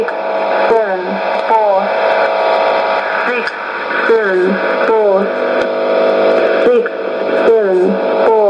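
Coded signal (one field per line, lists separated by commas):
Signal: numbers station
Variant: E17z, English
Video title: 21 02 2019 E17z English Lady numbers station in English to Eu 0810 on 9820 unknown tx site CUSB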